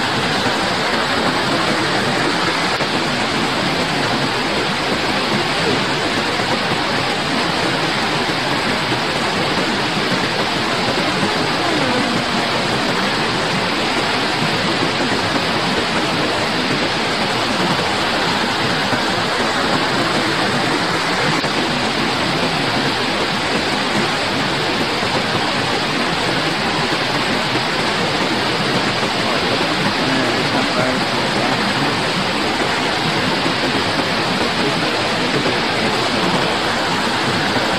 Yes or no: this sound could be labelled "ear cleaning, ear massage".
no